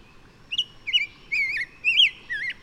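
Bird singing a string of sweet whistled notes, each curving in pitch, spaced by short gaps over a steady faint tone.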